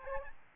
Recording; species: mosquito wingbeat signal from an infrared sensor; Aedes albopictus